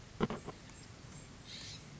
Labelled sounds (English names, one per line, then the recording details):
California Scrub-Jay
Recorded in Sonoma County, California